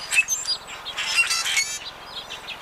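Common grackle giving squeaky, creaking song notes with harsh, rasping bursts and thin whistles, over a steady low background.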